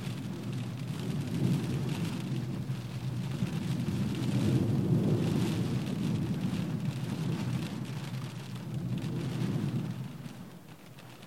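Rain drums steadily on a car roof, a dense low patter with a hollow thrum underneath and a fainter hiss of spray above. The downpour swells around the middle, eases slightly near nine seconds, then fades noticeably in the final second or two.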